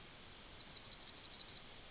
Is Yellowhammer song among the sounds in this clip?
yes